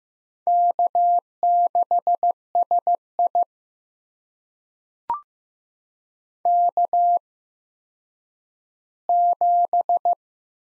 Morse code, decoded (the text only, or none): K6SI K7